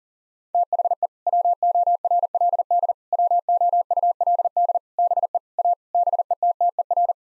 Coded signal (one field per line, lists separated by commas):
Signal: Morse code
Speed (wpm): 40 wpm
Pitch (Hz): 700 Hz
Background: none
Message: THE WORLD WOULD BE A BETTER